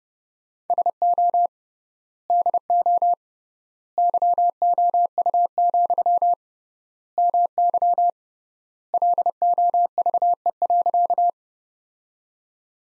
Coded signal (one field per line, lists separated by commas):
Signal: Morse code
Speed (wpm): 32 wpm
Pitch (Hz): 700 Hz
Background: none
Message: SO DO YOU, MY LOVE.